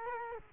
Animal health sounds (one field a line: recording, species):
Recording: mosquito wingbeat signal from an infrared sensor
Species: Culex quinquefasciatus